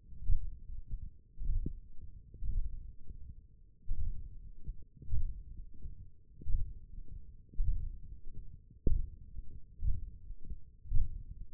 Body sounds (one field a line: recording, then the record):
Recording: forearm muscle sounds (acoustic myography)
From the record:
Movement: hook grip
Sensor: system 1, eight BSWA MPA416 microphones around the upper forearm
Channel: 4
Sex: male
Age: 21 years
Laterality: right